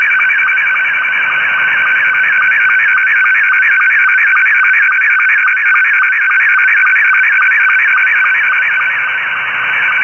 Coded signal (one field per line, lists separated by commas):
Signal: SSTV (slow-scan television)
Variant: Scottie 2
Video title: Receiving SSTV - Slow Scan Televsion